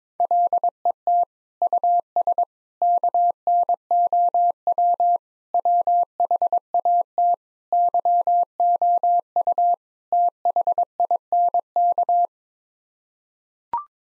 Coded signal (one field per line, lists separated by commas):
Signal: Morse code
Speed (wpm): 22 wpm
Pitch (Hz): 700 Hz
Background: none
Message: LET US KNOW WHAT YOU THINK